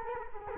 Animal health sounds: mosquito wingbeat signal from an infrared sensor; Culex quinquefasciatus

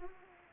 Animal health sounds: mosquito wingbeat signal from an infrared sensor; Anopheles arabiensis

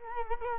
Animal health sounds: mosquito wingbeat signal from an infrared sensor; Culex quinquefasciatus

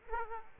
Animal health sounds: mosquito wingbeat signal from an infrared sensor; Aedes aegypti

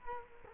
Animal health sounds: mosquito wingbeat signal from an infrared sensor; Culex quinquefasciatus

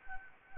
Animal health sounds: mosquito wingbeat signal from an infrared sensor; Anopheles gambiae

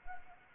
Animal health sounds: mosquito wingbeat signal from an infrared sensor; Anopheles arabiensis

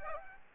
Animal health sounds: mosquito wingbeat signal from an infrared sensor; Aedes aegypti

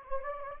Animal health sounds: mosquito wingbeat signal from an infrared sensor; Anopheles gambiae

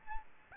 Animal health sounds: mosquito wingbeat signal from an infrared sensor; Aedes albopictus

